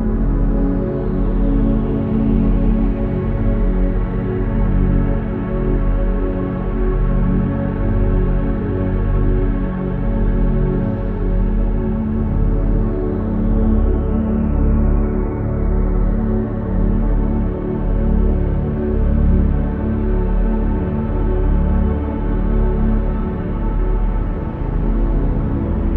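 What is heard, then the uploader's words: A dense, steady drone of layered low tones fills the whole clip, heaviest in the deep bass with many sustained pitches stacked above. The level holds almost constant, with only a faint slow pulsing, while soft sweeping whooshes glide downward near the start and middle. 0,9 Hz Delta Waves Feeling of Euphoria Binaural Beats | Isochronic Tones | Monoaural Tones.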